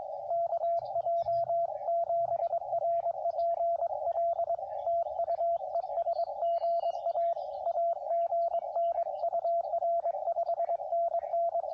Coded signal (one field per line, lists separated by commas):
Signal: Morse code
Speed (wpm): 22 wpm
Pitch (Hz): 680 Hz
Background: radio noise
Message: KJ7RPL TU ES GA AGN UR 5NN